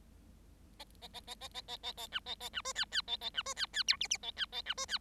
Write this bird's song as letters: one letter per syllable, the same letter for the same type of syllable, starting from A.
A A A A A A A A A B A A B C D D A A B C D D E F F A D A B C D